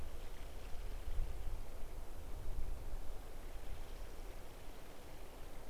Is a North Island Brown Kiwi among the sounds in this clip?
no